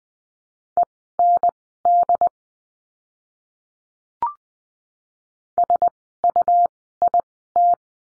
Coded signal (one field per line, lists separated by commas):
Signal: Morse code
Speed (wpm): 20 wpm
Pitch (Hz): 700 Hz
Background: none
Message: END SUIT